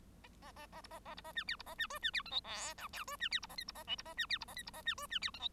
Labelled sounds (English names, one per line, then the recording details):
Bengalese Finch song
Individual Bird1